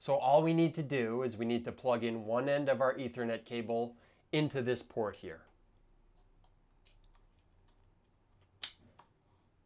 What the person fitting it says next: I'm sure you heard that satisfying click there to show that you have a good connection